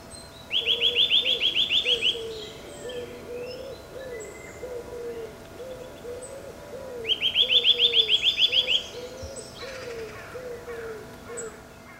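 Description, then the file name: Eurasian nuthatch repeating a fast series of bright piping notes twice, about six seconds apart, while a dove coos steadily low underneath and other birds chirp faintly. "Sitta europaea"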